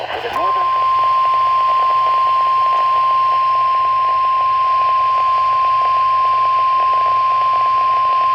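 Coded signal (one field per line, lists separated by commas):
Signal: Emergency Alert System (SAME) tones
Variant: 1050 Hz attention tone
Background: speech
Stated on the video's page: EAS alerts from 2023 in Michigan, captured from a NOAA weather radio.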